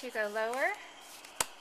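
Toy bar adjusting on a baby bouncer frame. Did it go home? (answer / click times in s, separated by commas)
yes / 1.4 s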